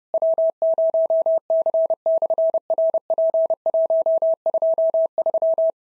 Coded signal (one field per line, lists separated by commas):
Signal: Morse code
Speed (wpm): 30 wpm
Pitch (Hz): 650 Hz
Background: none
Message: W0C/RP123